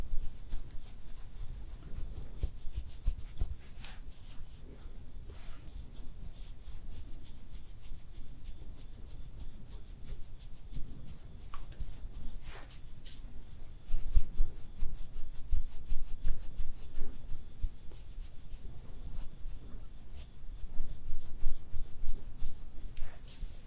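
Layered makeup sounds with no talking: steady soft rubbing and brushing over a low, muffled rumble. Small taps and clicks land every second or so throughout, and the rubbing grows louder and denser from about 14 to 16 seconds and again near the end.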